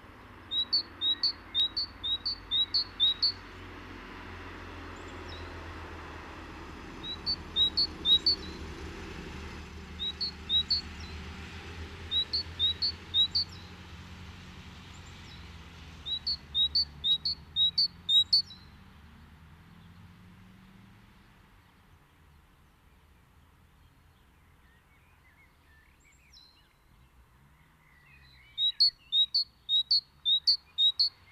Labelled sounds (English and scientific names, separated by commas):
Great Tit (Parus major) song